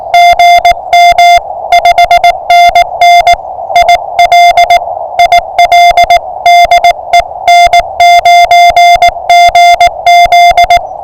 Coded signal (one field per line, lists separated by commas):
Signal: Morse code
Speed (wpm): 20 wpm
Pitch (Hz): 690 Hz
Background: music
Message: GM 5NN IL IL DE N9GZ